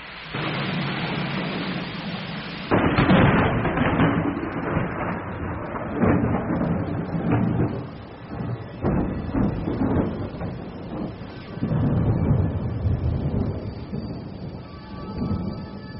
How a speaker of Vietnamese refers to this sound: Cái đêm hôm ấy, trời lại mưa to tầm tã, sấm chớp ầm ầm. Nằm nghe sấm sét gió mưa gào thét ngoài núi rừng